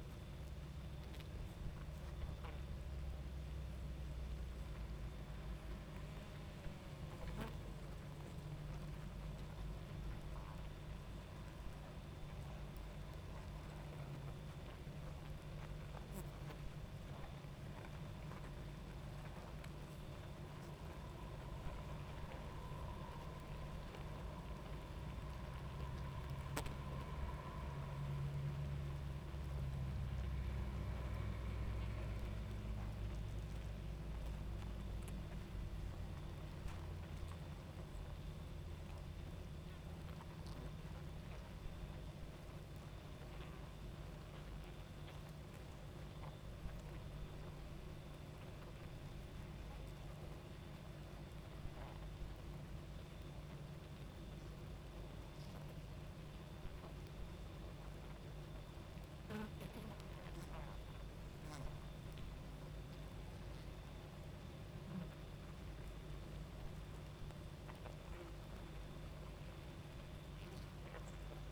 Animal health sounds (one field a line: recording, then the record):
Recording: honeybee colony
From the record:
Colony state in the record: active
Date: 28 July 2017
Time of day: 22:48